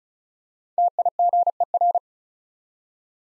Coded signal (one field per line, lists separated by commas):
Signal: Morse code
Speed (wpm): 36 wpm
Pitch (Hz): 700 Hz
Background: none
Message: TIGER